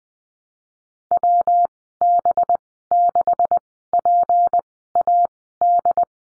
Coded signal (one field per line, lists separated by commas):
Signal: Morse code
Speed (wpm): 20 wpm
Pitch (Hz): 700 Hz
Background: none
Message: WB6PAD